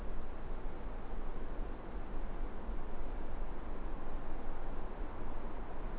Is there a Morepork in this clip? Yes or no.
no